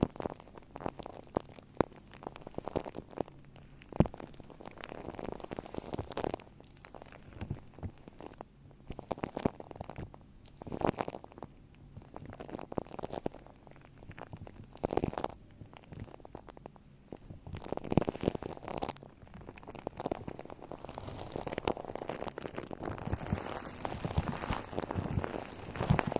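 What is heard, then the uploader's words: Shaving cream squelches and fizzes against a microphone in irregular swells, each a second or two long, full of wet crackles and bubbly popping. The sound stays mostly low and muffled, with occasional sharp clicks, and turns brighter and hissier after about twenty seconds. Shaving Cream on Mic. Brainmassage mit Schaum.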